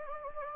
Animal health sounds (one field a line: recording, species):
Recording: mosquito wingbeat signal from an infrared sensor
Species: Anopheles gambiae